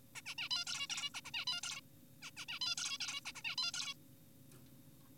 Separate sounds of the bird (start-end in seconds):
0.16-0.22, 0.26-0.35, 0.38-0.49, 0.51-0.64, 0.67-0.87, 0.90-1.10, 1.14-1.21, 1.25-1.31, 1.34-1.45, 1.47-1.61, 1.64-1.81, 2.22-2.31, 2.37-2.46, 2.49-2.59, 2.62-2.75, 2.78-2.98, 3.00-3.20, 3.26-3.32, 3.35-3.42, 3.45-3.56, 3.58-3.72, 3.74-3.94